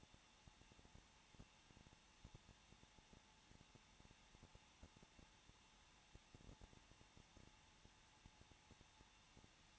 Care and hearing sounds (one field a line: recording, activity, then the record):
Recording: daily activity, microphone in the room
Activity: no activity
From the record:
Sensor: 1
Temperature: 20.1 degrees Celsius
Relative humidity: 39.4%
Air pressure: 1006.3 hPa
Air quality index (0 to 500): 219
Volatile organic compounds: 82 ppm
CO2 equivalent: 3624 ppm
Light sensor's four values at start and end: 1/2/1/1 and 1/2/1/1